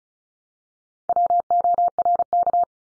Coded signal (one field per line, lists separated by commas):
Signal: Morse code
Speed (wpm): 36 wpm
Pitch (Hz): 700 Hz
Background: none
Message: WORK